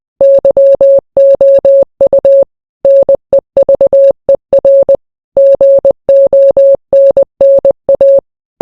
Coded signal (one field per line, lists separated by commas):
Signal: Morse code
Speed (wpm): 20 wpm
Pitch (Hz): 550 Hz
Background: none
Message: YOU NEVER GONNA